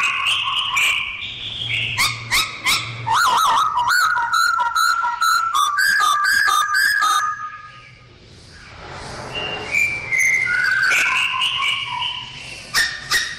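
Bird song of varied whistles and rapid buzzy trills, with a pause midway before more warbled, rising and falling notes resume.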